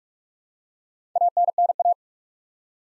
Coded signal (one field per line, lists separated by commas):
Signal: Morse code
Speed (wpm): 44 wpm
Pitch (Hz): 700 Hz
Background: none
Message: ANNA